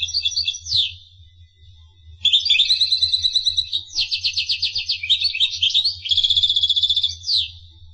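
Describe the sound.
Finch song: a short twittering burst and a downslur, a brief pause, then long fast trilled and buzzy phrases of high chirping notes, over a low steady hum.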